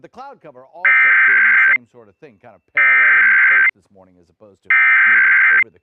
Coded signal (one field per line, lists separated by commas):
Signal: Emergency Alert System (SAME) tones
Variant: header bursts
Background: speech